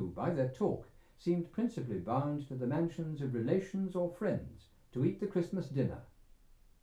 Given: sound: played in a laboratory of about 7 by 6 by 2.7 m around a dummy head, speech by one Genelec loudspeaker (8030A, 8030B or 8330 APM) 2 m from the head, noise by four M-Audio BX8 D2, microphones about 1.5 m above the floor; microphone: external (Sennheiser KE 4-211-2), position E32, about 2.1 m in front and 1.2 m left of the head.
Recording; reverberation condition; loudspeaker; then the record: male speech in English; low; 60 degrees to the left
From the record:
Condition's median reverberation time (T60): about 310 ms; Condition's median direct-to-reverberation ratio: about 3.5 dB